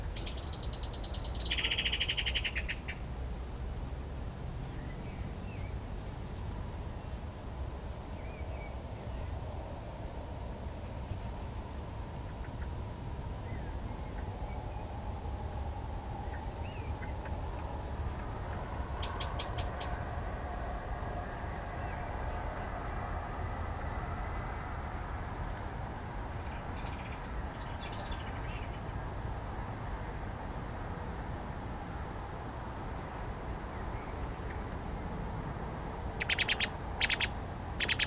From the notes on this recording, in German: Streitende Vögel in einem Schlehengebüsch